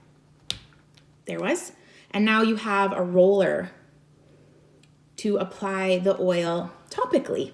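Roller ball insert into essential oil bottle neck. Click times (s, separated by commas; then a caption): 0.5 s. A plastic roller-ball insert is pressed into the neck of a small glass essential oil bottle and seats with a sharp, loud click at 0.5 s. Someone talks before and after the click.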